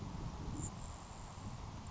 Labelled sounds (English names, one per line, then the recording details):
Grasshopper Sparrow
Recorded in Sonoma County, California